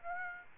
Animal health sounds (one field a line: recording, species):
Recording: mosquito wingbeat signal from an infrared sensor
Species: Aedes aegypti